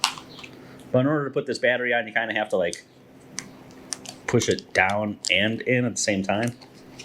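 Someone talks while a plastic battery pack is pushed down and in at the same time onto the back of a TYT TH-UV88 handheld two-way radio, with a few faint sharp handling ticks between the words. The battery pack has not seated or clicked into place yet.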